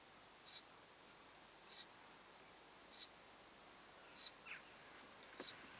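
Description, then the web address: Eurasian tree sparrow chirps: five short, thin, high notes spaced about 1.2 seconds apart over a quiet hiss. Mother with nestlings in the nest, 25 July 2026. "25 7 2026 pikkuvarpusemo ja poikaset pesassa"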